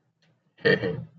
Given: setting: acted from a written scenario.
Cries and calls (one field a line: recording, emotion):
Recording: vocal sound without words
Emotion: neutral